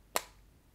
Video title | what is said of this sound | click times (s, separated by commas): Samsung Galaxy S24 Ultra UNBOXING! | it clicks, so that locks the strap in kickstand mode, right? | 0.2 s